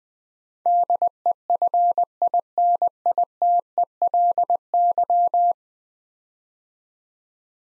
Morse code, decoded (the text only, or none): DEFINITELY